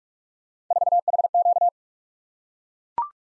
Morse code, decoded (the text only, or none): 4HQ